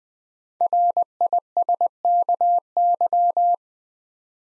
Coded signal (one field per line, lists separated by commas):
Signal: Morse code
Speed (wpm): 20 wpm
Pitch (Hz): 700 Hz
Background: none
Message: RISKY